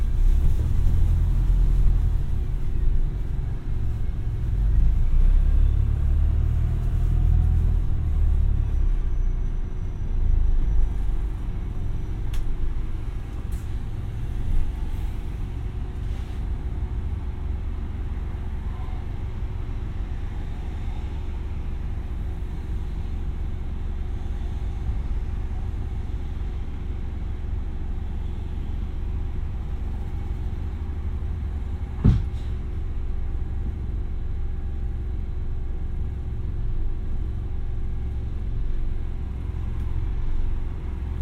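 A ride on a bus in Brighton, the engine giving a steady low rumble throughout, heaviest in the first ten seconds as it pulls away. A faint constant hum sits above it, with a few brief clicks and a sharp knock around thirty-two seconds.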